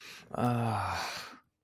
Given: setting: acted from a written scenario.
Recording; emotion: vocal sound without words; triumph